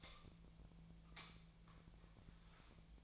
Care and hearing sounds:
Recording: daily activity, microphone in the room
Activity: light on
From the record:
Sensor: 1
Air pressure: 1009.8 hPa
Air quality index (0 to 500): 190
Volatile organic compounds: 17 ppm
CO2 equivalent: 2601 ppm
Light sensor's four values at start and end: 36/91/38/46 and 47/135/55/63

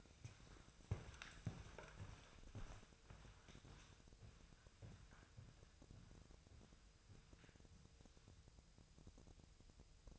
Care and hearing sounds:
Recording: daily activity, microphone in the room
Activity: walk to room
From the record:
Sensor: 2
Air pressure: 999.3 hPa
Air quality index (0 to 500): 194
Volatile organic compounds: 26 ppm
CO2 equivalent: 2864 ppm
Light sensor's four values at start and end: 6/16/6/6 and 7/16/6/7

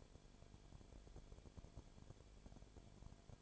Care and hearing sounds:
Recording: daily activity, microphone in the room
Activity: no activity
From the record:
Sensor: 5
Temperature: 19.9 degrees Celsius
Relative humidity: 35.7%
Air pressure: 1003.4 hPa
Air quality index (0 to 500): 56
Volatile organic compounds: 1 ppm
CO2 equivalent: 634 ppm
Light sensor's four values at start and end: 2/3/1/1 and 2/3/1/1

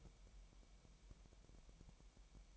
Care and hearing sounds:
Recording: daily activity, microphone in the room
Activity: take from stove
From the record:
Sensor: 1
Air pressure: 1002.0 hPa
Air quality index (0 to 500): 246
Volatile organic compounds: 50 ppm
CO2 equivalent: 3302 ppm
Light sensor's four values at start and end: 5/12/5/6 and 5/12/5/6

